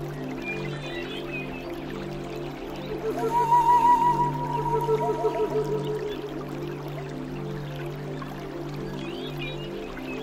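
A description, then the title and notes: A soft flute plays over a steady low hum of sustained tones, swelling slightly between about three and five seconds as a brighter held note rises above. Faint bird chirps flicker in now and then, and a gentle watery rainforest wash runs underneath throughout. Flute, Gentle Birds and Rainforest Sound.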